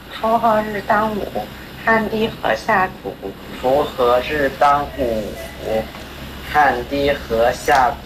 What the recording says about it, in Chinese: 这是一个青春期男孩在嗓音门诊治疗前后的声音对比。 到了青春期呢，尤其是男孩，他的生理结构变化比较快，声带也快速拉长， 结构虽然变了，但是他的发声方式还是保持着童声的发声色彩， 所以就会出现我们所谓的青春期假声这样的一个情况。 需要及时的进行调整， 让他的发声方式与生理结构相匹配。